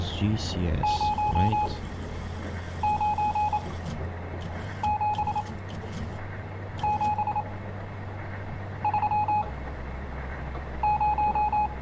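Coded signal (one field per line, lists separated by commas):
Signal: Morse code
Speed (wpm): 28 wpm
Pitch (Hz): 840 Hz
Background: speech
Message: 097730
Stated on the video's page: Morse from the game Stories Untold, chapter three, The Station Process.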